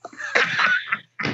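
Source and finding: Pet dog. Snoring.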